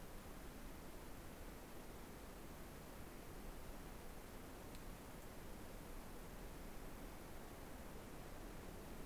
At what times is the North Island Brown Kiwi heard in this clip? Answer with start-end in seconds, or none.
none